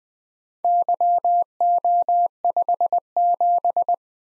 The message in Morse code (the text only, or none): YO57